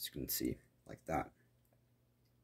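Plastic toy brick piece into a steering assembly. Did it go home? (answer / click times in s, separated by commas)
no / none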